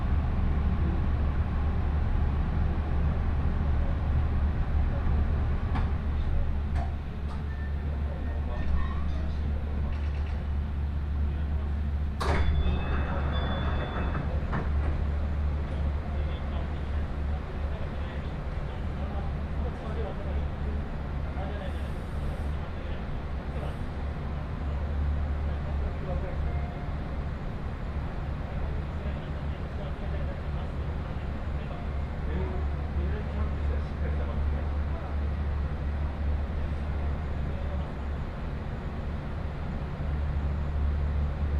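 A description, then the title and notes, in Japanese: A train ride on the Chuo West Line, with a steady, heavy low rumble of the carriage running throughout. Around twelve seconds a sharp clack and brief squeal cut through, and faint murmurs of voices and light rattles sit beneath the drone. 耳で楽しむ鉄道旅 中央西線 恵那→高蔵寺。315系電車が中央本線でデビューしたものの中々乗る機会が無かったのですが、ようやく当たりました。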